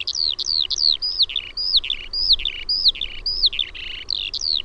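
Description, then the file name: Eurasian skylark song, a rapid run of high warbled, slurred notes with rising and falling whistles, continuous throughout with hardly a pause. "KIURU"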